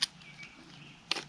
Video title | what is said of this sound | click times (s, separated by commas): Camillus vs Fiskars Product Review! | and then locks in place so it don't fall out and you carry it by the handle | 1.1 s